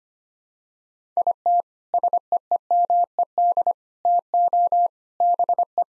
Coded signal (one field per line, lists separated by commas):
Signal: Morse code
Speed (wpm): 25 wpm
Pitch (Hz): 700 Hz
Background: none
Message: IT SEEMED TO BE